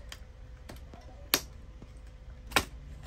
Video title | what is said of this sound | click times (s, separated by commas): Fix Ricoh MP 401 402 Drum Unit Print Issues Easy Drum Blade & PCR Replacement By Asian Traders | luck कर देना यह luck हो गया | 1.3 s